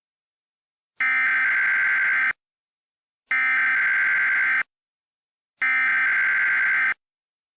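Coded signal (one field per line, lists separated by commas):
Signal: Emergency Alert System (SAME) tones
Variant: header bursts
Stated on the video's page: Fictional mock emergency alert based on an SCP Wiki story.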